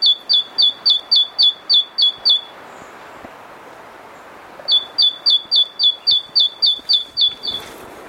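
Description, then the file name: Great tit song: rapid repeated two-note phrases in one series, a pause of about two seconds, then a second matching series. "Parus major"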